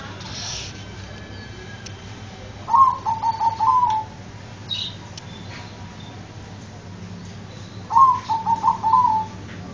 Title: Suara Perkutut